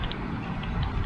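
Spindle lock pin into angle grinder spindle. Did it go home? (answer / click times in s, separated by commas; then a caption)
no / none. The spindle lock button on an angle grinder is held in while the disc is turned so the lock pin can drop into the spindle, giving small ticking sounds over a steady background. The clip ends before the pin goes home, so nothing has seated or locked yet.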